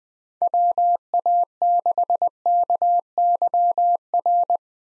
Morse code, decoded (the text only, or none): WA6KYR